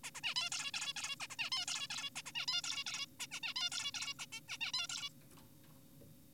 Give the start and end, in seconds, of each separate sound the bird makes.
0.04-0.11, 0.15-0.21, 0.24-0.34, 0.36-0.50, 0.52-0.71, 0.74-0.94, 0.96-1.16, 1.20-1.28, 1.30-1.36, 1.39-1.50, 1.52-1.66, 1.68-1.87, 1.90-2.10, 2.16-2.22, 2.26-2.32, 2.35-2.46, 2.48-2.62, 2.64-2.84, 2.86-3.06, 3.20-3.27, 3.32-3.40, 3.43-3.54, 3.56-3.70, 3.72-3.91, 3.94-4.14, 4.19-4.26, 4.32-4.40, 4.48-4.58, 4.61-4.72, 4.74-4.87, 4.90-5.09